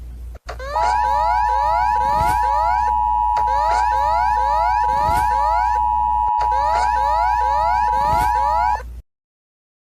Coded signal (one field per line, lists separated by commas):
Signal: Emergency Alert System (SAME) tones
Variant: 853 and 960 Hz attention tone